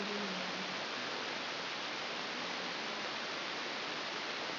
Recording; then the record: brain microelectrode recording played as sound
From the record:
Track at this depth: inside the subthalamic nucleus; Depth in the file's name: 5.115 mm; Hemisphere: left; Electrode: 2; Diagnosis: Parkinson's disease